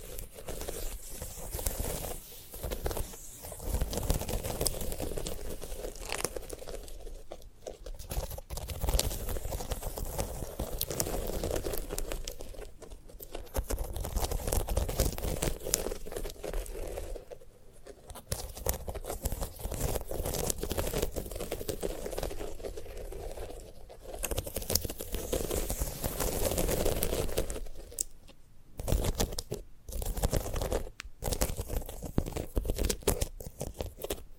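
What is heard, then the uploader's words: Scratchy, crinkling handling of a sunflower head, with dense rustling and tearing sounds in bursts, broken by brief quiet gaps throughout. ASMR of a Sunflower Head (No Talking).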